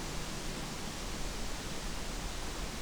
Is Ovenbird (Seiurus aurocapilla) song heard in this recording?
no